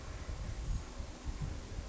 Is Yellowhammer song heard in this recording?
no